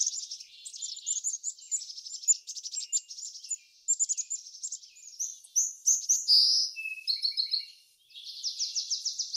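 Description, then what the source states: Bird song: a dense, high chorus of rapid chirps, trills and buzzy notes tumbling over one another, with a brief pause near the eighth second before a fast trill resumes. Birds in a backyard; ambient nature sounds.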